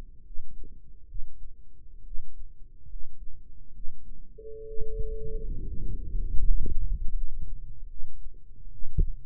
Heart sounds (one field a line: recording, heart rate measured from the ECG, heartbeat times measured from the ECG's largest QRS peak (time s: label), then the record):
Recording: heart sounds by microphone in the right ear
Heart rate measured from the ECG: 71 bpm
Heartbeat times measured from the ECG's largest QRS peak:
0.21 s: heartbeat
1.05 s: heartbeat
2.01 s: heartbeat
2.85 s: heartbeat
3.70 s: heartbeat
4.63 s: heartbeat
5.61 s: heartbeat
6.36 s: heartbeat
7.11 s: heartbeat
7.85 s: heartbeat
8.67 s: heartbeat
From the record:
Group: healthy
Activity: rest 0-6 s, breath hold 6-9 s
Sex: male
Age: 22 years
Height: 185 cm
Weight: 112.4 kg